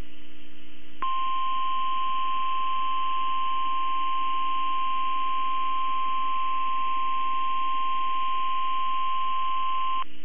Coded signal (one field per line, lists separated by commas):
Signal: Emergency Alert System (SAME) tones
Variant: 1050 Hz attention tone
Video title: EAS ALERTS 4778-4788 FROM 12/17-19/23